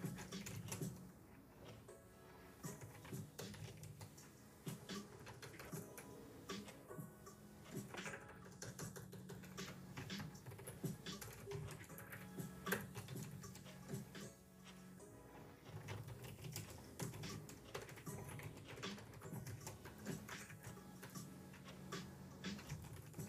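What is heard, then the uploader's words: Keyboard typing clatters in irregular, dense bursts of sharp clicks across the whole clip, over a soft, low lofi music bed with warm sustained chords. The music stays steady throughout, dipping briefly around fifteen seconds before resuming. Ticking clock, keyboard, lofi music, kpop instr.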